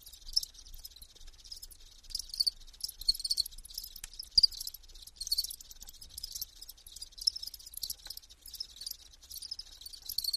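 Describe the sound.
Insect chirping: dense, crackling high-pitched bursts in quick irregular succession, with a few louder clicks standing out and little else heard.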